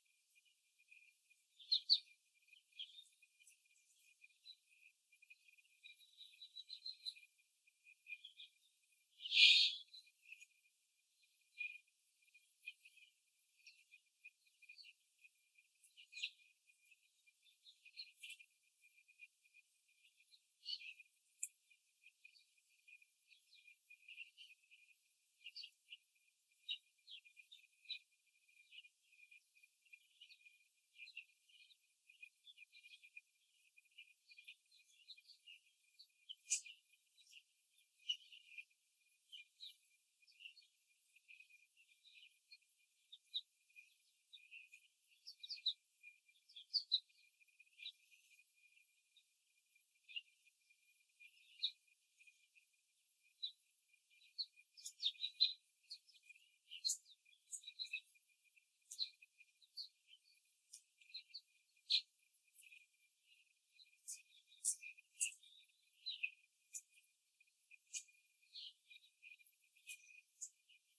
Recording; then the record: young laying hens in a cage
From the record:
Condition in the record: before the stressor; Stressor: simulated dog barking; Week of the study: 3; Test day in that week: 2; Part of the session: 3